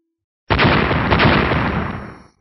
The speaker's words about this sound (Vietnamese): Liên tục 8 tiếng nổ truyền ra.